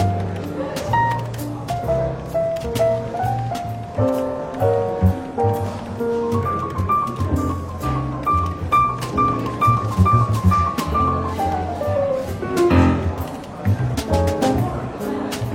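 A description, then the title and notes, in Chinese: A bookshop café with soft, relaxed jazz playing under a light murmur of voices. A melody line moves in steady steps over a warm, low bass, and short clinks and taps of cups and dishes break in every second or so. 伦敦书店咖啡馆轻微喧闹氛围与柔和轻松的爵士背景音乐。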